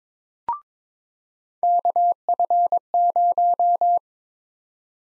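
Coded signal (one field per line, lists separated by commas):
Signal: Morse code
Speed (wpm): 22 wpm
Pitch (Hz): 700 Hz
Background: none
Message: KF0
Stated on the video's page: Practice drill of USA call sign prefixes at 22 wpm, each prefix sent twice in Morse.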